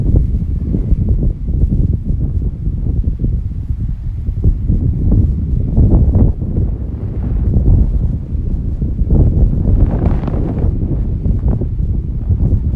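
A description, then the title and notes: Wind roars and buffets steadily, heavy and low, with constant rumbling gusts. The blowing swells in surges, strongest around four to six seconds and again near ten seconds, when a brighter rushing hiss rises over the deep buffeting before easing back. The Sounds of Wind.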